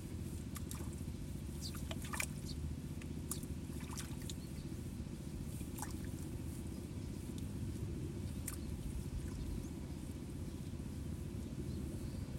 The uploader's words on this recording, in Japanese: 水苗代でイネの苗取り。昔ながらの方法で、田んぼに直接籾種をまいて育てる「水苗代」から、育った苗を１本１本抜いてワラでまとめて束にしていきます。